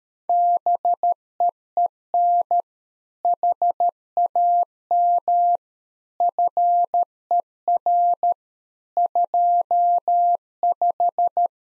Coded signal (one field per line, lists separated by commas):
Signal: Morse code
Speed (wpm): 13 wpm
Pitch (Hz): 700 Hz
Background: none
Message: BEEN HAM FER 25